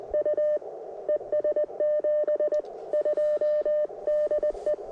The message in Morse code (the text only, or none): U ES 72 DE